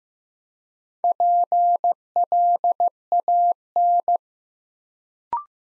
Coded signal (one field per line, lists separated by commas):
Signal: Morse code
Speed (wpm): 15 wpm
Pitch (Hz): 700 Hz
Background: none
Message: PLAN